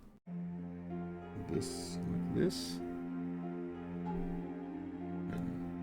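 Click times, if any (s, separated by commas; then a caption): 5.3 s. A plastic hind-leg part of a lion on a snap-fit model kit is pressed into the lion body over steady background music while someone talks. The part clicks into place at 5.3 s, seated.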